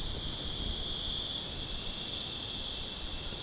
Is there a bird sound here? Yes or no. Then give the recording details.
no. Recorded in pastures near Puerto Asís, Putumayo, Colombia, on 25 June 2025 at 23:30. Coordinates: 0.496, -76.326. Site GP01